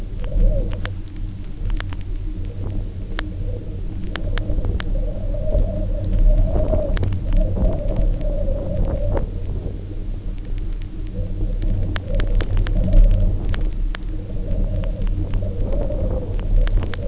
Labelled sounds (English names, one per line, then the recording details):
none
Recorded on Arctic tundra, site UTQI-0, on 27 June 2018
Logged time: 16:00